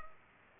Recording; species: mosquito wingbeat signal from an infrared sensor; Culex pipiens